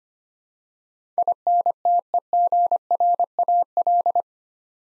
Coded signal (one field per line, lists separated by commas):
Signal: Morse code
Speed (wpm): 25 wpm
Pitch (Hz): 700 Hz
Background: none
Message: INTEGRAL